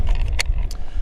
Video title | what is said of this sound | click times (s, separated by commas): MDT #HNT26 Chassis Review - Light weight hunting setup NRL Hunter Series | very positive click using mdt's 224 valkyrie mag | 0.4 s